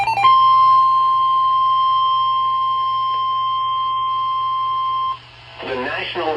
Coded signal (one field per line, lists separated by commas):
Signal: Emergency Alert System (SAME) tones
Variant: 1050 Hz attention tone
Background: speech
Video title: Western Texas Severe Weather Alerts 5/30 & 5/31/21 (EAS #726-742)